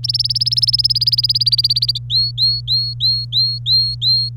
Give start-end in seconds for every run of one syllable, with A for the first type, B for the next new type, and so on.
0.04-1.98 A, 2.10-4.29 B